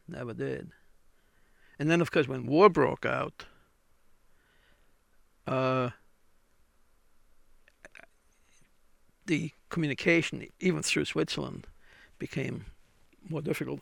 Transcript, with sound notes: Never did. And then of course when war broke (he pauses) the communication even through Switzerland became more difficult.